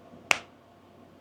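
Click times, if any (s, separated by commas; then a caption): 0.3 s. A 35 mm plastic safety eye is pushed through a crocheted amigurumi head with an eye-setting tool, and its plastic backing washer snaps onto the eye post so the eye sinks into the yarn instead of popping off. A single sharp snap is heard at 0.3 s against quiet background. The washer is seated and the eye is in.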